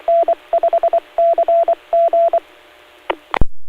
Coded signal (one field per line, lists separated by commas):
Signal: Morse code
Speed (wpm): 23 wpm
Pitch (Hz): 680 Hz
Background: none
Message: N5CG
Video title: N5CG - CAUHF | W5DI - C.A.R.E.N Club |Amatuer Radio Repeaters